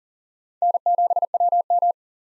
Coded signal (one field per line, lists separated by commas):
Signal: Morse code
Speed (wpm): 40 wpm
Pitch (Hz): 700 Hz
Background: none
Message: N7WM